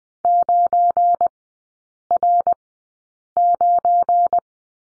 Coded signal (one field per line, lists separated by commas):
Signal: Morse code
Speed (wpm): 20 wpm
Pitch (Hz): 700 Hz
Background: none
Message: 9R9